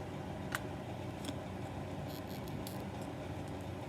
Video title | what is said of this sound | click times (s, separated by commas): Unboxing and Product review of a tilt stand 12 from￼ IDisplayit | lock it into place over here. | 0.6 s